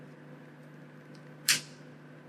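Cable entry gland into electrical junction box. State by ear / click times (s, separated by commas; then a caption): seated / 1.5 s. A plastic cable entry gland is pushed with a twisting motion into a plastic electrical junction box, over a low steady hum. A sharp, bright click at 1.5 s marks the entry clipping in, confirming it is properly installed.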